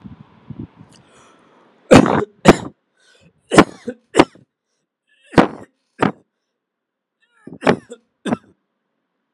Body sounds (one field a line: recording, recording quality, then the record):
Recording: heavy voluntary cough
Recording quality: excellent, no background noise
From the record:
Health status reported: healthy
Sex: male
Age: 38 years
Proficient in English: yes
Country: India